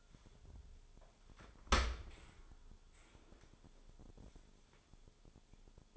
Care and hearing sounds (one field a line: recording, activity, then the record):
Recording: daily activity, microphone in the room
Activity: open dishwasher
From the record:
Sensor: 5